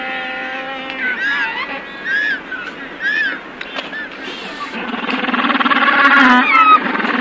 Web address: magellanic penguin